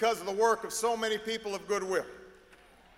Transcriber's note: none